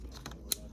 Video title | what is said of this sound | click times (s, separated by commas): BMW S1000XR 2022 - Air Filter Replacement! | Nice positive click. | 0.5 s